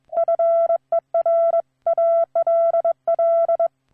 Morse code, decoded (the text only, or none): FER ALL